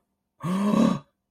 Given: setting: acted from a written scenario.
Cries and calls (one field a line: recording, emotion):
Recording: vocal sound without words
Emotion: positive surprise